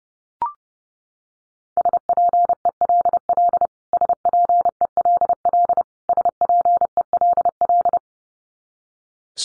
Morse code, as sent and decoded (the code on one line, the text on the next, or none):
... .--. . .-.. .-.. / ... .--. . .-.. .-.. / ... .--. . .-.. .-..
SPELL SPELL SPELL